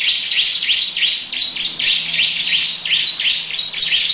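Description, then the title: Lovebird song of shrill, buzzy chirps repeated about three times a second in a steady, unbroken chatter. Long "ngekek" song style. "Lovebird Ngekek Panjang Ciblek"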